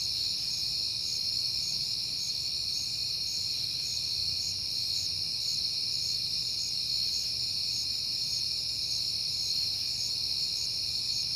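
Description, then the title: Cricket chorus of steady high trills joined by a rhythmic pulsed chirp repeating throughout, with a low rumble in the background. Crickets at night in September, on a peaceful night. "Night Time: Crickets and Passing Cars"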